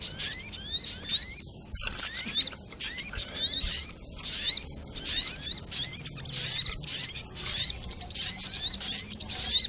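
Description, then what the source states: Little Spiderhunter song of shrill, squeaky sweeping notes in quick-fire phrases, repeated with small breaks between them. Training recording (masteran).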